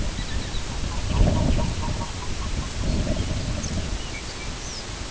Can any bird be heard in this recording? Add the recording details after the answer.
yes. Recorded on Arctic tundra, site IGLO-B, on 22 June 2018. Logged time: 21:59